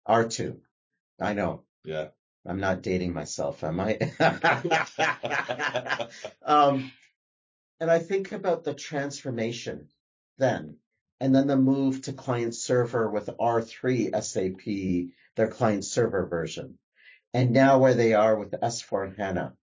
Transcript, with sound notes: R/2. I know.
Yeah.
I’m not dating myself, am I? *laughs* And I think about the transformation then, and then the move to client server with R/3 SAP, their client server version, and now where they are with S/4HANA.